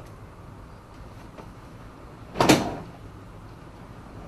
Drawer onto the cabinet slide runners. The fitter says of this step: it in position until you hear a click the